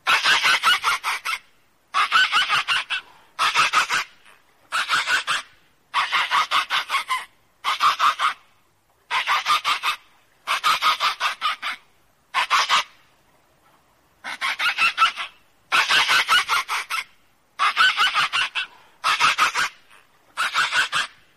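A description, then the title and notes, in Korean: Whale cries come as rapid, rattling buzzy bursts about a second long, repeating steadily with silent gaps and one longer pause midway. 고래 울음 소리.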